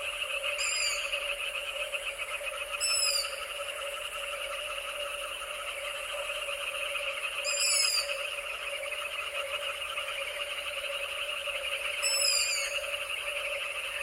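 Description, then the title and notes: Frog and insect chorus, steady throughout, with four short high descending notes. Midnight on a summer night in the Danube Delta, before moonrise; frog calls amid insect calls. "Danube Delta - Summer Night - Jackals And Frogs. Midnight in the Danube Delta. The moon hasn't risen yet but the jackals start howling, adding to the eerie mix of frog and insect calls"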